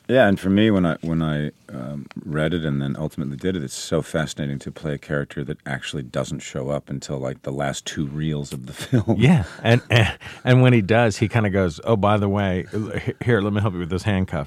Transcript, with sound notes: Yeah. And for me, when I read it and then ultimately did it, it's so fascinating to play a character that actually doesn't show up until, like, the last two reels of the film.
(LAUGHTER)
Yeah. And when he does, he kind of goes, oh, by the way, here. Let me help you with those handcuffs.